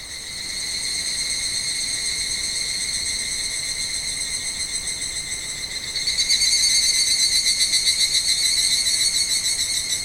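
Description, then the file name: Evening cicada song, a steady high metallic trill that builds gradually and grows louder and more strongly pulsed after about six seconds. "Higurashi"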